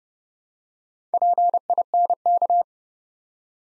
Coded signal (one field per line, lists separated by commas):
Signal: Morse code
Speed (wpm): 30 wpm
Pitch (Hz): 700 Hz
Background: none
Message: PINK